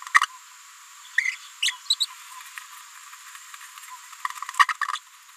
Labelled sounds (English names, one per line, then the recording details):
Green-rumped Parrotlet babbling
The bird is a female
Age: 30 days
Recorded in a nest box in Venezuela
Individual 17B73B2